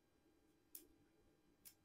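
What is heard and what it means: A Feyachi S37 fiber optic flip-up front iron sight, a metal sight on a Picatinny rail locked upright, is released by pushing its button and folded back down. A sharp click sounds at 0.8 s, followed by a fainter click at 1.7 s. The sight lock releases.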